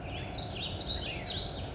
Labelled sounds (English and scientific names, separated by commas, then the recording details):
Warbling Vireo (Vireo gilvus)
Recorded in Sonoma County, California